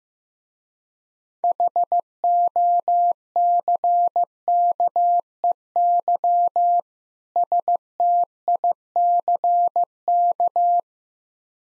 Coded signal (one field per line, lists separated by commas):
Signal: Morse code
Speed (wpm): 15 wpm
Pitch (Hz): 700 Hz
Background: none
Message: HOCKEY STICK